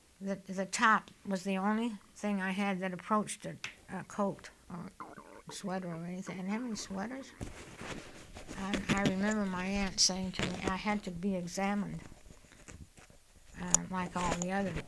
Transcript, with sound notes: the, the top was the only thing I had that approached a coat or sweater or anything. I didn't have any sweaters. (she jostles her mic) I, I remember my aunt saying to me I had to be examined like all the other